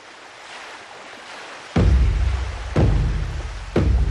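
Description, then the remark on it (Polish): Soft steady hiss of sea surf on the shore gives way to three loud, roaring wave crashes arriving about a second apart, each washing in with a broad rumble and slowly fading. No voices. “Naszą audycję nadamy ze studia nad morzem.”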